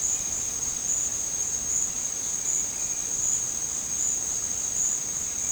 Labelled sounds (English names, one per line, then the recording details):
none
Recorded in dense forest near Puerto Asís, Putumayo, Colombia, on 12 March 2025 at 16:30
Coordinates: 0.467, -76.328
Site G041